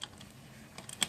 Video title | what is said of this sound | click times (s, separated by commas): How to Rebuild GY6 SSP-G 180cc Top-end w/Taida Head 232 2V As Upgrade Replacement?! 13 of 25 | Try to use your torque without all the extension. I hear it snap, but I'm just want to make sure again. | 1.0 s